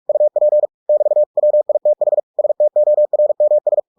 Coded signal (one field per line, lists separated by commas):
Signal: Morse code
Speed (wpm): 46 wpm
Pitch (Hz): 600 Hz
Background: none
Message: UP <BT> WITH STORMS